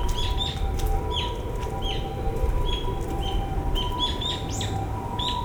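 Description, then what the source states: Bird chirps, short bright notes scattered throughout and often sweeping downward, over a heavy low rumble and a steady faint hum. Recorded with an Ambeo microphone.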